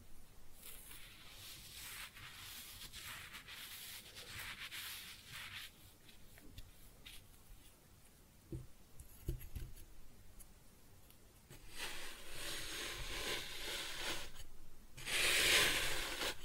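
Kinetic sand is cut and scooped in soft hissing, crumbling strokes, with a few low thumps mid-way and louder gritty scrapes near the end.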